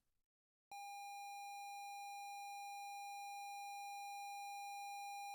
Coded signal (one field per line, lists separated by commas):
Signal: ZX Spectrum tape loading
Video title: ZX Spectrum MIA Preview / Episode 2 / Backup - Perrian Limited (also Follow Up + Backup Pot Pourri)